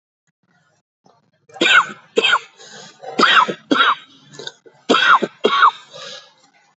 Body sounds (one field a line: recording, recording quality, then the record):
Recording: heavy voluntary cough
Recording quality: moderate, slight background noise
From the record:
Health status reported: healthy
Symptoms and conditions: none ticked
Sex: male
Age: 64 years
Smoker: not ticked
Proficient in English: yes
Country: India